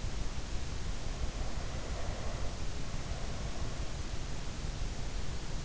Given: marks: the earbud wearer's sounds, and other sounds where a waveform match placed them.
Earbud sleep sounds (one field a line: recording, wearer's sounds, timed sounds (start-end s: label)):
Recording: sounds in sleep by an in-ear microphone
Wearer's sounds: breath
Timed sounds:
0.86-4.24 s: breath